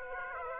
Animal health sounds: mosquito wingbeat signal from an infrared sensor; Aedes aegypti

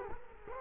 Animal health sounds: mosquito wingbeat signal from an infrared sensor; Culex quinquefasciatus

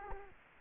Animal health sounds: mosquito wingbeat signal from an infrared sensor; Culex quinquefasciatus

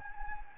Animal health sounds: mosquito wingbeat signal from an infrared sensor; Anopheles gambiae

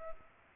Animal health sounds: mosquito wingbeat signal from an infrared sensor; Culex pipiens

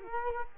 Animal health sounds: mosquito wingbeat signal from an infrared sensor; Culex quinquefasciatus

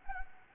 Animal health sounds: mosquito wingbeat signal from an infrared sensor; Anopheles gambiae

